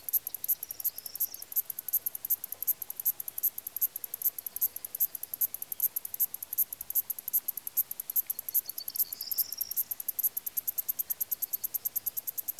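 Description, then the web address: Crickets giving a dense, continuous stream of high, rapid chirps, with a fainter sound briefly heard twice in the background. Countryside in Greece. "The BBC Sound Effects Library. Greece). Countrysde crikets"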